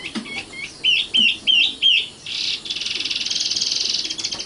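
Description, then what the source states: Oriental magpie-robin song: several clear up-slurred whistles followed by a long high buzzy rattling trill. Kacer song.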